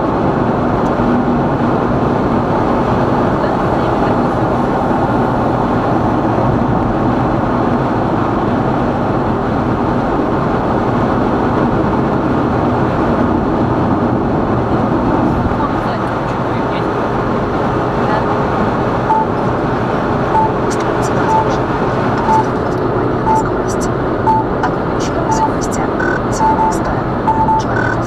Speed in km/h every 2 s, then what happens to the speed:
136, 134, 132, 127, 125, 127, 129, 128, 128, 130, 133, 135, 136, 132.
0-7 slows to 125. 7-25 speeds up to 136.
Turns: none.